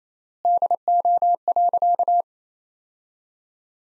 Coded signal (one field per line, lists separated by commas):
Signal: Morse code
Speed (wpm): 27 wpm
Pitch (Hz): 700 Hz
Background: none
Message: DO.